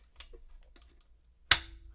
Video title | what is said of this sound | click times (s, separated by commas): Kodak 2A Hawk-eye Model B | and then this bed here snaps in place | 1.5 s